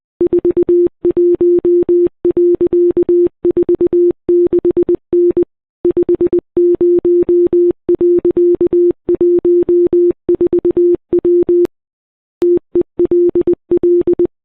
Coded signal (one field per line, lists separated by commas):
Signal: Morse code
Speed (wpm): 20 wpm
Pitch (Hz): 350 Hz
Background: none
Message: 41.46N 50.14W TELL